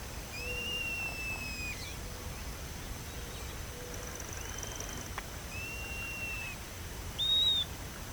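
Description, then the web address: Bird calls: long, steady whistles early on, then shorter level whistles, ending with a brief bright arched note near the end, over background hiss. "BIRD 2015 SABIOD 50 bird 2015"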